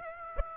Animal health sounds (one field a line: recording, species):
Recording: mosquito wingbeat signal from an infrared sensor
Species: Aedes aegypti